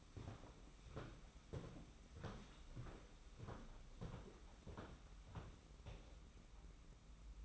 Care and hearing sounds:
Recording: daily activity, microphone in the room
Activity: walk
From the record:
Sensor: 1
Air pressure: 991.7 hPa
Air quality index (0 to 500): 167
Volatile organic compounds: 1000 ppm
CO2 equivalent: 6276 ppm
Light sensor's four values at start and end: 31/103/40/41 and 31/103/40/41

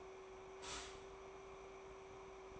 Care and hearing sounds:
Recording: daily activity, microphone in the room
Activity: stop toaster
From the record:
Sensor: 1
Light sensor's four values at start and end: 3/8/3/3 and 3/8/3/3

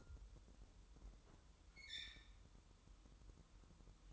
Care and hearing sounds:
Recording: daily activity, microphone in the room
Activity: open fridge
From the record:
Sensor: 3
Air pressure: 988.4 hPa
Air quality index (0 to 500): 193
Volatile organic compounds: 281 ppm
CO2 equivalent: 4439 ppm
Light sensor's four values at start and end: 24/75/31/27 and 24/75/31/27

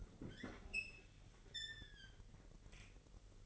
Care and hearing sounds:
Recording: daily activity, microphone in the room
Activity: open fridge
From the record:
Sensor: 4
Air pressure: 1002.8 hPa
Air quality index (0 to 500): 247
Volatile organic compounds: 19 ppm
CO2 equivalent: 2644 ppm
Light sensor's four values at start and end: 4/10/3/4 and 4/9/3/4

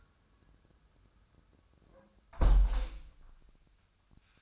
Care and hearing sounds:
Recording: daily activity, microphone in the room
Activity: close window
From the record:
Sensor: 2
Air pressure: 1004.5 hPa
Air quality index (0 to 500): 83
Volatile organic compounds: 2 ppm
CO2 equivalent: 986 ppm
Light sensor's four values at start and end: 6/14/6/6 and 6/14/5/6

